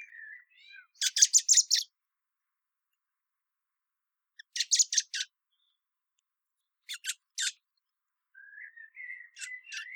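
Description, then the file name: Common blackbird giving short, high, rattling chatter bursts separated by pauses, with faint thin squeaky notes at the start and end. "Turdus merula"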